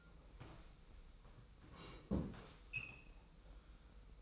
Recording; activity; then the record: daily activity, microphone in the room; sit down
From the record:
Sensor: 1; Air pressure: 990.5 hPa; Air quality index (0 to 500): 155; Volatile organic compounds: 1000 ppm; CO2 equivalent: 5619 ppm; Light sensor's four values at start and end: 28/65/28/30 and 28/65/28/30